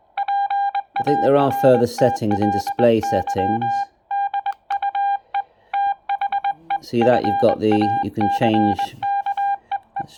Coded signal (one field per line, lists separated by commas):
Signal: Morse code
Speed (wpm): 21 wpm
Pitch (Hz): 800 Hz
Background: speech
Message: PARTLY DUE THE FACK EE